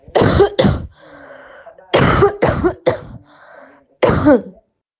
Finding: Sick cough.